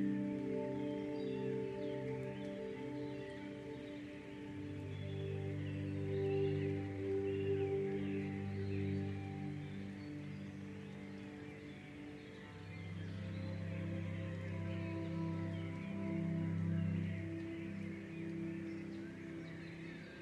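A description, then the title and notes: Layered ringing chime tones hum and overlap, swelling around five and thirteen seconds, over a soft airy hiss with faint high chirps. Sounds of nature featuring birds, gentle wind, and later chimes.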